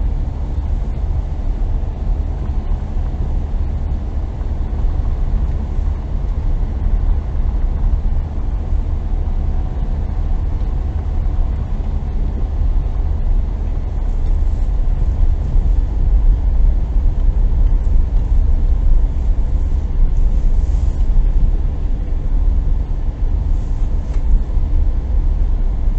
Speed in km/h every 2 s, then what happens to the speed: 19, 19, 21, 21, 20, 21, 20, 21, 21, 21, 20, 20, 21.
0-26 steady at about 21.